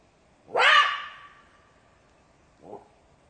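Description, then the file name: Jackal call: a loud, harsh yelp that rises sharply and then settles into a long, steady, fading wail, followed by a short, fainter yelp. "zvuki shakala"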